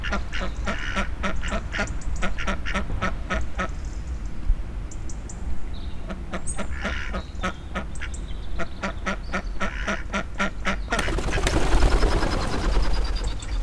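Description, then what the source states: Duck uttering a fast chain of repeated quacks for about eleven seconds, then a loud rushing noise takes over at the end. Two ducks living in Parque do Mandanelho, Oliveira do Hospital.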